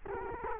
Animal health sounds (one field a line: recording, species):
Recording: mosquito wingbeat signal from an infrared sensor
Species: Culex quinquefasciatus